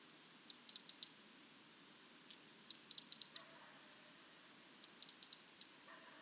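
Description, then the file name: European robin: three bursts of rapid, bright ticking clicks, each under a second long, spaced around two seconds apart. "Erithacus rubecula"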